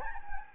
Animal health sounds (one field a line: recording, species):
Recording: mosquito wingbeat signal from an infrared sensor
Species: Anopheles gambiae